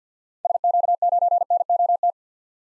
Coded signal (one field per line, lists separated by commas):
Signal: Morse code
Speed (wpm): 50 wpm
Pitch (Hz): 700 Hz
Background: none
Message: SQ9NOT